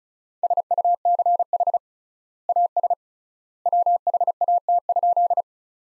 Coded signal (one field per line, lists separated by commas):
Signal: Morse code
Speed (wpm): 36 wpm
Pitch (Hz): 700 Hz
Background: none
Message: SUCH AS WHAT?